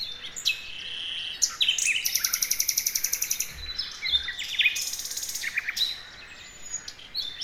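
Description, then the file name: Common nightingale singing varied phrases: thin whistles and a long rattling trill of rapid pulses, then a pause and another rapid buzzy trill series with scattered high notes. "Luscinia megarhynchos"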